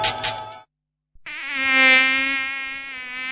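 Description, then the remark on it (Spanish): A brief buzzy burst, a short silence, then a loud, sustained high-pitched whine of a dengue-transmitting mosquito that swells and wavers slightly in pitch, with no voices present. “El mosquito que transmite el dengue vive en el agua clara que parece limpia y se junta en las gomas, los tachos, los aljibes, cacharros, chapas acanaladas que juntan agua, tanques de agua sin tapa y floreros.”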